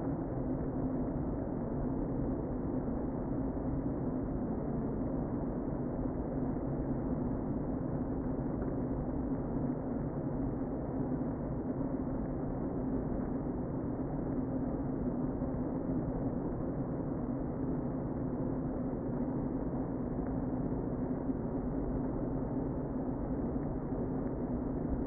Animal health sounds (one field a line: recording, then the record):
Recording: honeybee colony, microphone inside the hive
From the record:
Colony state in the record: queen present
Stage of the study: before two queens were removed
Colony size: about 60,000 bees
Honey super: yes